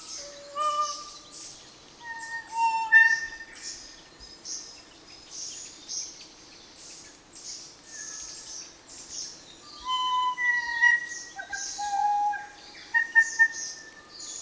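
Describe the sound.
Kōkako song of long organ-like notes at varied pitches in slow phrases, with busy high chatter of other birds behind.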